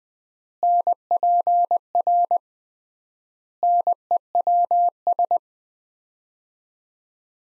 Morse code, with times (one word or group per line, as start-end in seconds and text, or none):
0.6-2.4 NPR
3.6-5.4 NEWS